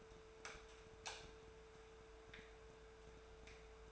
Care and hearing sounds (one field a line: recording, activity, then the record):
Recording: daily activity, microphone in the room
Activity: light off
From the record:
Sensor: 2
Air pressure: 1014.5 hPa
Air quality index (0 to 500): 177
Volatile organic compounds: 12 ppm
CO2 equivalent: 2338 ppm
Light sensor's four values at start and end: 16/44/18/18 and 11/28/11/12